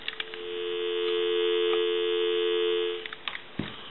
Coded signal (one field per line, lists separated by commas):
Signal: telephone call progress tone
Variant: North America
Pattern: dial tone